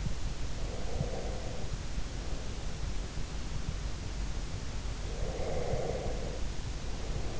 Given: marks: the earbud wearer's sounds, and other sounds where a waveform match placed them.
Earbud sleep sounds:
sounds in sleep by an in-ear microphone; breath
0.59-2.57 s: breath
5.17-7.35 s: breath

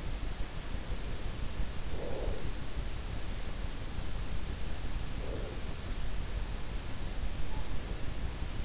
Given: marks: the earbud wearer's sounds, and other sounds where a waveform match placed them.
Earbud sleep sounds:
sounds in sleep by an in-ear microphone; breath
1.53-2.89 s: breath
4.91-5.84 s: breath
7.03-8.47 s: breath

